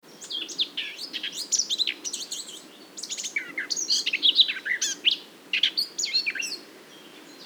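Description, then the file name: Eurasian blackcap song, a fast, rich warble of varied whistled and chattering notes with a few brief pauses. "Sylvia atricapilla"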